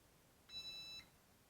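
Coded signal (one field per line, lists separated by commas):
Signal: beep code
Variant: Weiser PowerBolt keypad lock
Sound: one steady high-pitched electronic beep lasting about half a second, then quiet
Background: quiet room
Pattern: 1 long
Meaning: The code was accepted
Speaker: press program again. (powerbolt beeps) Now we hear one long beep.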